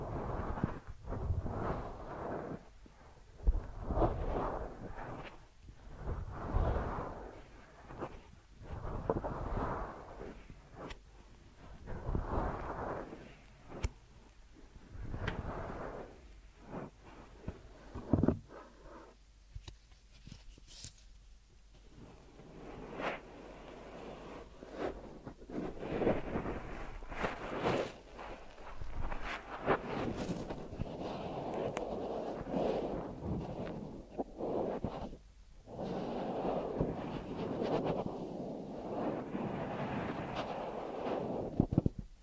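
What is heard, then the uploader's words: Deep ear massage sounds: soft rubbing and muffled thumping strokes come in quick bursts through the first twenty seconds, with brief pauses between. After a short quiet gap, the rubbing turns steadier and denser, a continuous low, rumbling friction with occasional brighter crackles. ASMR Deep Ear Massage for Sleep(No Talking).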